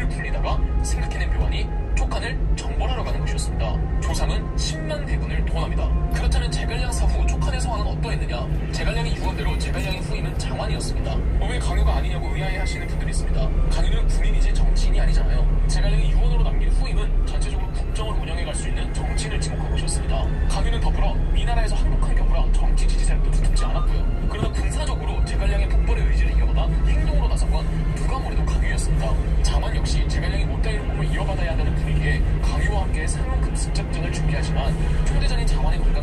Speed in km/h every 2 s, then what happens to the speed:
11, 12, 14, 17, 19, 19, 21, 23, 19, 19, 21, 21, 21, 23, 25, 26, 26, 28.
0-13 speeds up to 23. 13-24 steady at about 21. 24-36 speeds up to 28.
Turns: none.